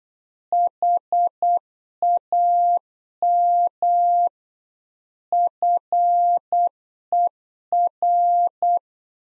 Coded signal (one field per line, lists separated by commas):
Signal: Morse code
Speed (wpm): 8 wpm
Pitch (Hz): 700 Hz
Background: none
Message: HAM FER